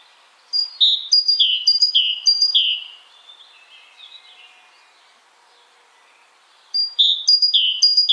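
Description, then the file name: Great tit song: a run of loud falling two-note phrases, a pause, then the series starts again. "Canto do chapins real"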